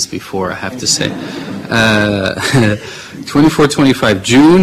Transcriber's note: laughter